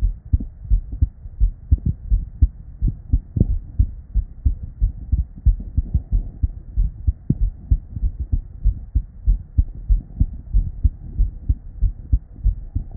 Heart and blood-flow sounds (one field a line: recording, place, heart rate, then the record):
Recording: heart sounds by stethoscope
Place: Erb's point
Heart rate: 91 bpm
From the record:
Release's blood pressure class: normal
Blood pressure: 112/68 mmHg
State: at rest